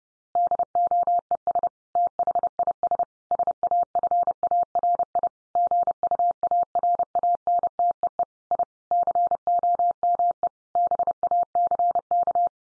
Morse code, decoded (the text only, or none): DOES THIS SAFARI GUARANTEE I COME BACK